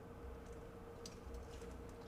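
The red plastic abdominal armor of a retro Transformers Megatron (Walther P38) robot toy is lifted, folded to an angle and pushed inward into the torso. A single short hit sounds at 1.1 s as it reaches the end of its travel over a steady low hum. The part is pushed fully home and seated.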